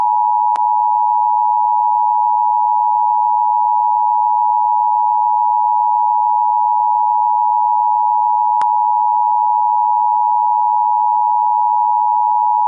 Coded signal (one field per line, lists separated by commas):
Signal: Emergency Alert System (SAME) tones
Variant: 853 and 960 Hz attention tone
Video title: EAS Scenario: Pup Academy